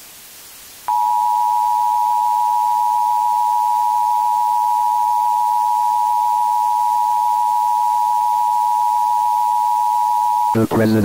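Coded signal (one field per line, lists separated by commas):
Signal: Emergency Alert System (SAME) tones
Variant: 853 and 960 Hz attention tone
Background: speech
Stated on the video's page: Fictional Emergency Broadcast System mock scenario, heavily inspired by an earlier EBS mock, loud for headphones.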